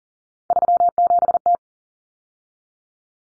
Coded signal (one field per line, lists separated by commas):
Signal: Morse code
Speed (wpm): 40 wpm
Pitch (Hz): 700 Hz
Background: none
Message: 37T